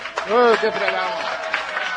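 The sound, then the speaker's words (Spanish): An audience in a bar applauds the people who came, in a steady, dense wash of clapping, mixed with shouts and cheering voices that rise over it at the start. “Un aplauso para los que vinieron, vamos.”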